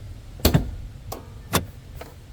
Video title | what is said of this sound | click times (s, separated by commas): How To Open A Car Hood (Ford) Cars 101 | Pretty definitive click there. | 0.5 s